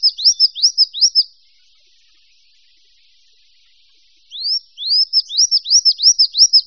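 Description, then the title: Birds giving quick, high, rising-then-falling chirps in rapid strings, a burst at the start, a pause of silence, then a longer run of chirps. "manuk campur"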